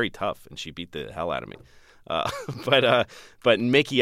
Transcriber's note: soundbite of laughter